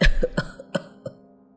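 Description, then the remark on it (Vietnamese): An old man, covering his mouth with his hand, gives a series of dry, raspy coughs, four or five short bursts in quick succession that fade in strength, with no talking. “Nói tới đây, cụ già đưa tay lên bịt miệng, ho khan mấy tiếng, rồi mới tiếp tục:”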